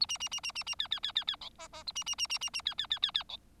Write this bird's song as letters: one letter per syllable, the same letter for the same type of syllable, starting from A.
A B B B B B B C C C C C D E E A B B B B B B C C C C C D